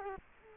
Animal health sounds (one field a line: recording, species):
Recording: mosquito wingbeat signal from an infrared sensor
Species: Culex quinquefasciatus